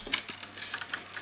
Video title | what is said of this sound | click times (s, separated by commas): More Little Neck Knives...Functional Knives Or Cheap Toys? | turns around, and clicks back in the frame. | 1.1 s